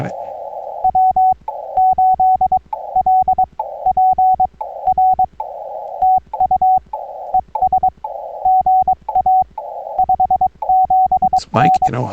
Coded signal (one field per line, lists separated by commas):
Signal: Morse code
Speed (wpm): 22 wpm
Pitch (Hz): 750 Hz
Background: speech, radio noise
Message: W8LPR TU ES GA 57N